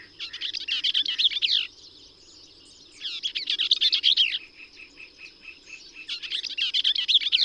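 Bell's vireo with three fast, scratchy, tumbling song phrases separated by brief gaps; a continuous high hum runs throughout.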